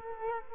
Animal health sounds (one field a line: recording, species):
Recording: mosquito wingbeat signal from an infrared sensor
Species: Culex quinquefasciatus